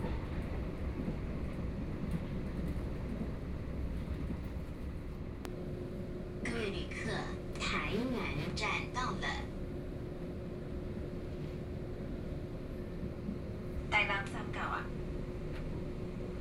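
An express train arrives at Tainan station under a steady, dense low rumble that lasts the whole time. Around five seconds a constant mid-pitched hum sets in, and voices speak briefly from about seven to nine seconds and again near fourteen.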